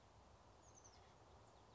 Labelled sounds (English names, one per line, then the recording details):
Oak Titmouse
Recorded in Sonoma County, California